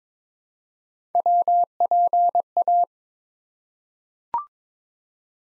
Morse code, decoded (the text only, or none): WPA